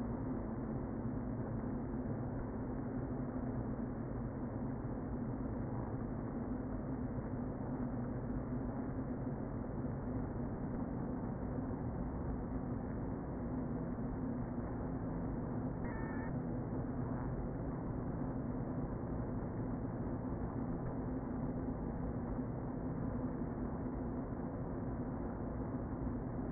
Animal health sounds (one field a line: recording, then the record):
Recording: honeybee colony, microphone inside the hive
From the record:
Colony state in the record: queen present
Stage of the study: before two queens were removed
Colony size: about 60,000 bees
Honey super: yes